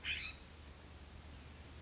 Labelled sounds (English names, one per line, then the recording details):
California Scrub-Jay
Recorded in Sonoma County, California